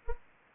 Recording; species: mosquito wingbeat signal from an infrared sensor; Anopheles arabiensis